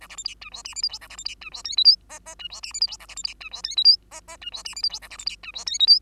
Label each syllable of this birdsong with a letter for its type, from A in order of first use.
A B C D E F G H I J A B C D E F K L M N N E F G H I J A B C D E F K L M N N E F G H I J A B C D E F K L M